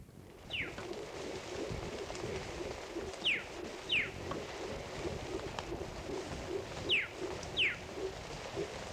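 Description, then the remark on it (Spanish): In a Colombian forest, sharp, high whistled bird calls sweep downward in pitch, coming in pairs every few seconds over a steady rushing background hiss, with soft low cooing notes underneath. “La naturaleza, las aves, la lluvia, los truenos, el bosque.”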